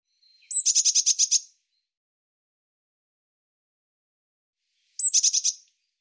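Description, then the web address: Bird song: two short, very high trills, each opening with a thin upslurred note, several seconds apart in quiet surroundings. "Deverinetal"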